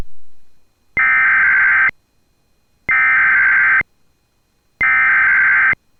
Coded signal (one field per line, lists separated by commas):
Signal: Emergency Alert System (SAME) tones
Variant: header bursts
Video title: SO...MANY...TORNADO WARNINGS... 🌪 || EAS Alerts from June 5, 2024 (EAS #2,770-2,777)